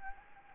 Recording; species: mosquito wingbeat signal from an infrared sensor; Anopheles gambiae